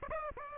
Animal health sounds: mosquito wingbeat signal from an infrared sensor; Aedes aegypti

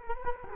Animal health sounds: mosquito wingbeat signal from an infrared sensor; Culex quinquefasciatus

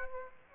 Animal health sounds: mosquito wingbeat signal from an infrared sensor; Aedes aegypti

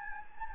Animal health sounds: mosquito wingbeat signal from an infrared sensor; Anopheles gambiae

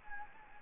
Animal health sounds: mosquito wingbeat signal from an infrared sensor; Anopheles gambiae

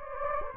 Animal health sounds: mosquito wingbeat signal from an infrared sensor; Anopheles gambiae

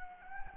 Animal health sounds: mosquito wingbeat signal from an infrared sensor; Anopheles gambiae

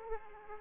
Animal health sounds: mosquito wingbeat signal from an infrared sensor; Aedes aegypti

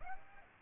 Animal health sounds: mosquito wingbeat signal from an infrared sensor; Aedes aegypti

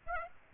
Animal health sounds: mosquito wingbeat signal from an infrared sensor; Aedes aegypti

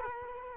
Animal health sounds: mosquito wingbeat signal from an infrared sensor; Culex quinquefasciatus

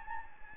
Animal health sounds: mosquito wingbeat signal from an infrared sensor; Anopheles gambiae

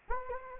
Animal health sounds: mosquito wingbeat signal from an infrared sensor; Anopheles gambiae

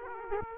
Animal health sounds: mosquito wingbeat signal from an infrared sensor; Aedes aegypti

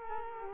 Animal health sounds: mosquito wingbeat signal from an infrared sensor; Culex quinquefasciatus

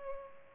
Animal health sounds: mosquito wingbeat signal from an infrared sensor; Culex pipiens

